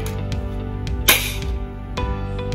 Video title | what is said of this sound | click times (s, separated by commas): How To - 3M Versaflo Assembly | then attach the housing to the unit and you'll hear a click when it's secure | 1.1 s